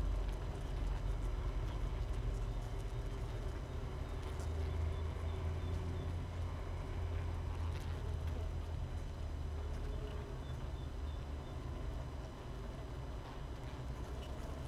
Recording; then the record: honeybee colony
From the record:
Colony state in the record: missing queen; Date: 31 May 2018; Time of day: 6:29